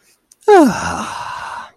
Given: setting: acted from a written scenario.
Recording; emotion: vocal sound without words; contentment